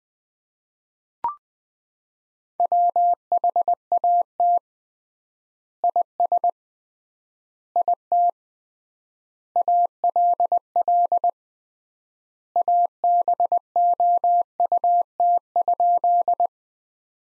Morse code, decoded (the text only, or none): WHAT IS IT ALL ABOUT?